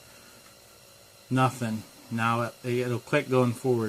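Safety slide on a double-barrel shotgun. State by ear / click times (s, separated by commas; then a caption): not seated / none. The safety slide on a Sears Ranger double-barrel 12 gauge shotgun is handled after a fix to its auto safety, on its way to being pushed into position to click into its metal detent. A low, quiet background hum fills the first second or so, then someone talks until the end. Nothing has seated or clicked yet.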